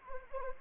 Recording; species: mosquito wingbeat signal from an infrared sensor; Anopheles arabiensis